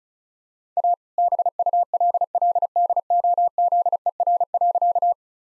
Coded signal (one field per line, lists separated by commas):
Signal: Morse code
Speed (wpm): 36 wpm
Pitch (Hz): 700 Hz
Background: none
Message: A BULLDOZER.